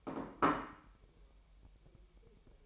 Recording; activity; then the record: daily activity, microphone in the room; place plate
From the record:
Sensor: 1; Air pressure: 1002.0 hPa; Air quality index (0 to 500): 243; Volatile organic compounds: 48 ppm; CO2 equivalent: 3270 ppm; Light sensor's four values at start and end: 8/28/10/11 and 8/28/10/11